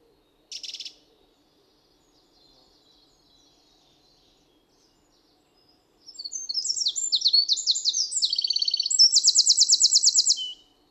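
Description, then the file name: Eurasian wren song: one sharp high note, a pause, then a rapid loud burst of high trills and twittering phrases lasting about five seconds, ending in a fast rattle. "Troglodytes troglodytes"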